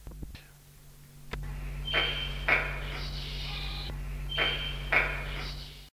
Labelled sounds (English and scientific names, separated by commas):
Black Hornbill (Anthracoceros malayanus) call